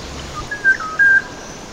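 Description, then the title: Black-naped Oriole's pure fluty whistle, a short note followed by a longer level whistle within about a second, over faint hiss. Observed during birdwatching at Baiyangdian. "家住白洋淀——我的观鸟笔记 身披“黄金甲”——黑枕黄鹂"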